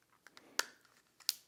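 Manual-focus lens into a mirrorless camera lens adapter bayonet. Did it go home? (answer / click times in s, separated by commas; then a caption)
yes / 1.3 s. A vintage metal Canon 50mm f/1.4 manual-focus lens is placed on a mirrorless camera lens adapter for a Nikon Z8, with the red dots lined up, and turned in the bayonet. Light ticks at 0.3 and 0.4 s and a sharp metallic hit at 0.6 s come before an equally sharp click at 1.3 s. The lens bayonet locks into the adapter.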